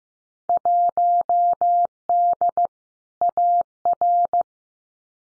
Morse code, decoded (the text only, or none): 1D AR